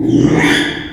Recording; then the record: squeal of a Yucatan mini pig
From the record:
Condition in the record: after surgery on the right vocal fold (resection and tissue-engineered implant); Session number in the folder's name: 3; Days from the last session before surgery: 33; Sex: male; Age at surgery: 12 weeks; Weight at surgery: 13 kg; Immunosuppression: cyclosporine, prednisolone